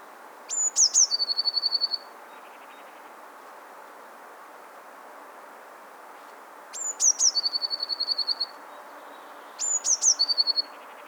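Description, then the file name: Eurasian blue tit song: high thin notes followed by a fast silvery trill, given three times. "Cyanistes caeruleus"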